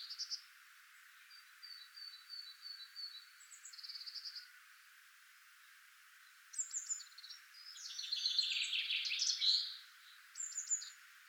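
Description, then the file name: Common chaffinch song: a loud, dense trilled phrase of rapid notes late, among fainter thin whistles and chirps before and after. "Fringilla coelebs"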